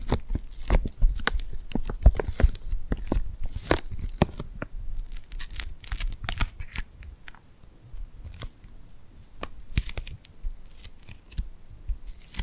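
Sticky, glued hands pulling apart and pressing together make a dense run of crackling, tearing little peels. Sharp clicks and snaps come irregularly, busiest and loudest in the first five seconds, then thinning to scattered softer crackles with brief quiet gaps.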